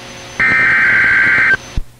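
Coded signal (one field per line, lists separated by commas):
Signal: Emergency Alert System (SAME) tones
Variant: header bursts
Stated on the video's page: Two NWR Severe Thunderstorm Warnings relayed by NOAA Weather Radio station, recorded from an online live stream of the station.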